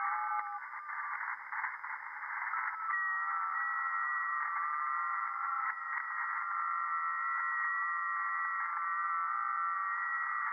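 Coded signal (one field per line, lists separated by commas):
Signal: FT8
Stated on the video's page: FT8 received live over the air on 40 m via an NVIS dipole with real ham gear, not an SDR or simulation.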